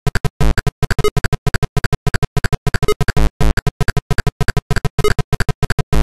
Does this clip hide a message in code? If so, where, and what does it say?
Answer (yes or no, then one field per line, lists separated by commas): no